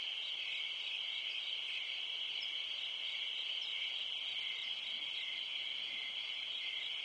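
Steady shrill cricket trilling at a single high pitch, continuous and unchanging across the whole stretch, over a quiet background.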